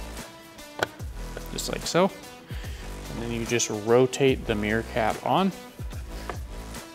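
A plastic sequential LED turn-signal mirror cap is being rotated onto the side mirror housing of a C8 Corvette while someone talks over background music, with a brief sharp tap at about 0.8 s. The cap is still being handled and nothing has seated or clicked yet.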